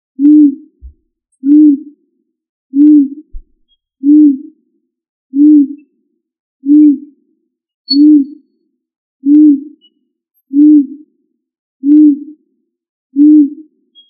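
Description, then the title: Pigeon giving steady low coos, eleven evenly spaced hoots about one and a third seconds apart, with a couple of faint clicks near the start. "ColumbidaePombaSama"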